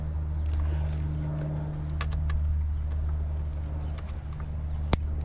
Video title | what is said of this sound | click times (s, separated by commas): How To Change Sparkplugs - Ram 2500 6.4L Hemi Engine | all right push that down until it clicks make sure you put your little safety catch down right there and we're done | 4.9 s